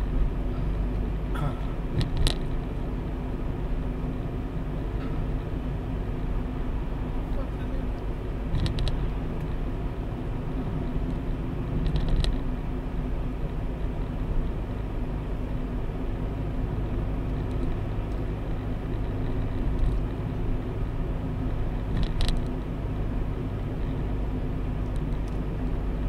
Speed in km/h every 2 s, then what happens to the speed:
39, 40, 40, 40, 42, 42, 40, 40, 40, 42, 40, 39, 39.
0-26 steady at about 40.